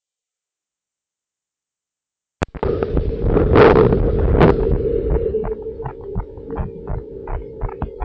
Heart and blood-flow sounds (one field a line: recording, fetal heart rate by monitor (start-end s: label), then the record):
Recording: heart sounds of a pregnant woman by stethoscope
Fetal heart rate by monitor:
no fetal heartbeat
From the record:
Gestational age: 37 weeks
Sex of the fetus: girl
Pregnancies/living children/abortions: 2/1/0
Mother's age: 30 years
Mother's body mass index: 28.9